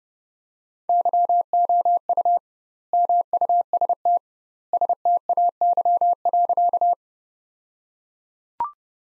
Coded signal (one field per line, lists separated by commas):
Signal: Morse code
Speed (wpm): 30 wpm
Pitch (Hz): 700 Hz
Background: none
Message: YOU MUST STAY.